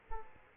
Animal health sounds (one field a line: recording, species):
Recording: mosquito wingbeat signal from an infrared sensor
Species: Aedes aegypti